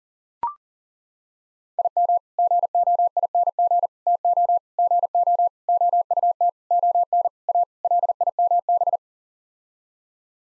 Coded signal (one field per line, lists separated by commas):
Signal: Morse code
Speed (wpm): 40 wpm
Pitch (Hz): 700 Hz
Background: none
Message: IM GOING TO GO OUT ON A LIMB